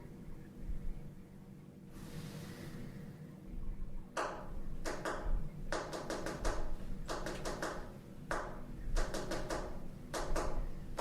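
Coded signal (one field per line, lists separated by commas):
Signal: tap code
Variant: 5x5 grid, K as C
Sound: groups of sharp knocks, several per group, separated by short pauses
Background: low room rumble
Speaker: many prisoners of War would use oh [ __ ] we take them out on rotated pipes or the attic floor the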